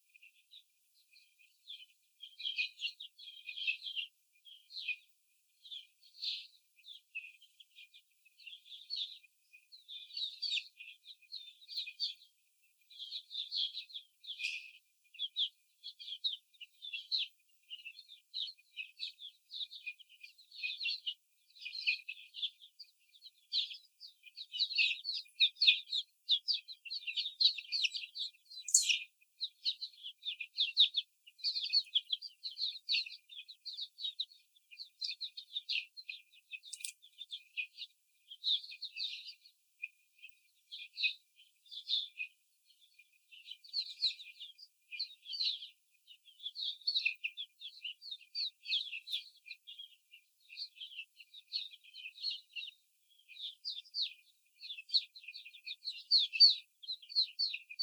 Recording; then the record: young laying hens in a cage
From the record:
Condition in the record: before the stressor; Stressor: simulated dog barking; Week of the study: 4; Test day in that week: 2